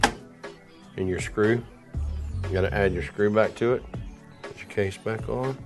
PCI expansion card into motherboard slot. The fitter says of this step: and it snaps into place